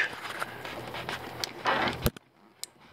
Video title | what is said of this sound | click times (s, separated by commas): Silverado Sierra 5.3L 2014 & Up, Oil Pressure sensor and PCV Valve Change. Did not fix my P06DD . | Feel the click, hear the click, and | 2.6 s